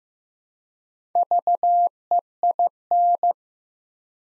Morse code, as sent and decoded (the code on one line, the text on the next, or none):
...- . .. -.
VEIN